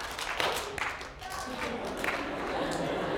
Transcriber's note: laughter